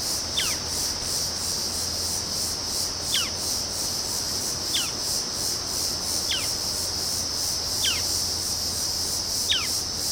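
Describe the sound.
Cherrie's antwren calls: six short sharp descending notes, spaced a second or two apart, over a loud steady high insect chorus and a low hum.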